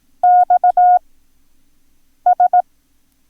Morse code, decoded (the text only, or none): XS